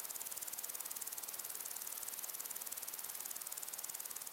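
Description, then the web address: Crickets giving a dense, steady high-pitched pulsing trill, the rapid pulses running evenly throughout with no other clear sounds. Crickets and other insects in long grass on a windy day. "beanstalk-audio Crickets"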